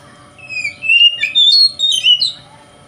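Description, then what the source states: Oriental magpie-robin with a short burst of slurred whistles and squeaky, twisting notes, lasting under two seconds. Called kacer; song style called 'konslet'.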